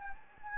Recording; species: mosquito wingbeat signal from an infrared sensor; Anopheles gambiae